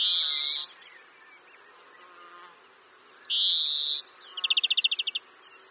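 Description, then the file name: European greenfinch giving two long, wheezy buzzing notes, then a fast run of dry, evenly repeated trilled notes. "Chloris chloris"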